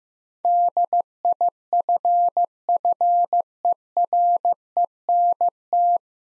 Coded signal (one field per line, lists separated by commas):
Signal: Morse code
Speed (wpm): 15 wpm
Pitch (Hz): 700 Hz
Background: none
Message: DIFFERENT